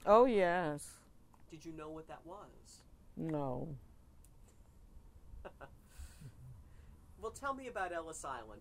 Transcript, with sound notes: Oh yes.
Did you know what that was?
No.
(laughs) Well tell me about Ellis Island.